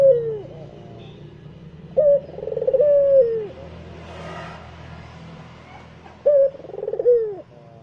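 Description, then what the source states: Barbary dove cooing: a sharp opening note then a rolling, falling coo, given a few times over a low steady hum. White (putih) Barbary dove; Indonesian masteran used to train songbirds to copy its call.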